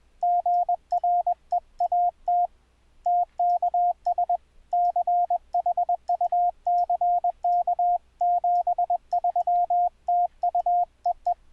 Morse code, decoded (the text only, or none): GREAT TKS CHUCK 73 TU EE